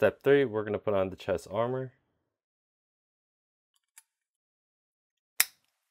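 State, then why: Seated. Someone talks, then a plastic front chest armor plate is pressed onto an action figure's torso. After a faint tick near 4.0 s, a sharp snap at 5.4 s marks the plate seating into place on the figure.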